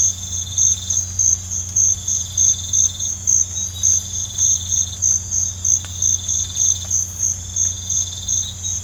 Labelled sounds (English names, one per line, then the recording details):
none
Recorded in pastures near Puerto Asís, Putumayo, Colombia, on 15 December 2024 at 05:30
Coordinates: 0.502, -76.324
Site G077